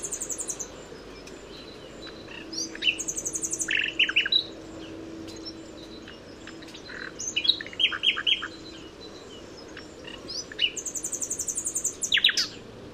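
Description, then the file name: Common nightingale singing in phrases of quick repeated notes, some high and thin, some lower and louder, with pauses between, over a faint low drone. "Luscinia megarhynchos"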